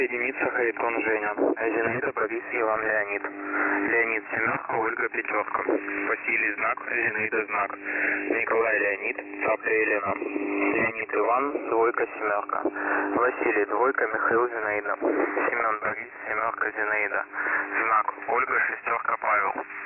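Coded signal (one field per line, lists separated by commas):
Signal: coded military voice message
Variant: The Pip, Russian voice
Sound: a voice reading a message over a narrow, muffled radio channel, with a faint steady hum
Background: radio static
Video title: The Pip Voice Message October 9, 2021 05:26 UTC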